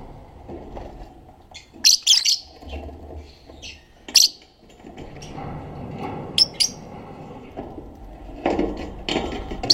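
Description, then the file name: Black-cheeked lovebird chirps: sharp, shrill notes in scattered bursts, a few seconds apart, over a low background hum. "canto do periquito de bochechas pretas"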